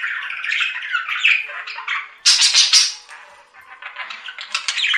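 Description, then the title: Budgerigar warbling in rapid scratchy notes, then a sudden loud shrill squawk burst, followed by softer continuing chatter. "Budgie Sounds"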